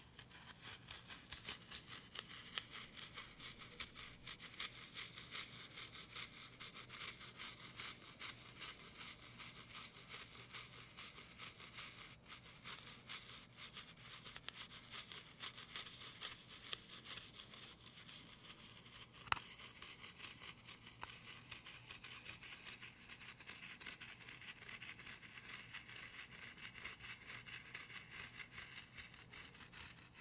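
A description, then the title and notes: Gentle scratching and tapping continue at a steady, dense pace, bright and papery, with a few sharper taps near 2, 14 and 19 seconds. ASMR medium gentle tapping and scratching.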